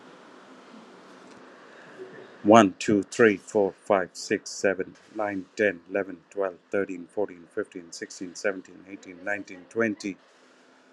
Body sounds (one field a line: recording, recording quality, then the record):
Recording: counting at a fast pace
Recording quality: excellent, no background noise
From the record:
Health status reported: healthy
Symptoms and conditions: none ticked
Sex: male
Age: 47 years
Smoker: yes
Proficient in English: yes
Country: India